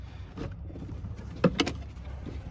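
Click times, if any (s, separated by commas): 1.4 s, 1.6 s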